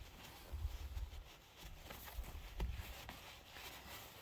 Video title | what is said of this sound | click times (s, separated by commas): Chainsaw Maintenance | so you heard that click in | 2.6 s, 3.1 s